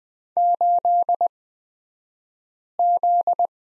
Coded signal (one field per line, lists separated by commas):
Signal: Morse code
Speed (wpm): 20 wpm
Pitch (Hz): 700 Hz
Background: none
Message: 8Z